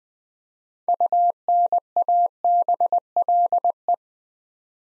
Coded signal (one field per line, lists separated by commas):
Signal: Morse code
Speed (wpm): 20 wpm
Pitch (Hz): 700 Hz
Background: none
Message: UNABLE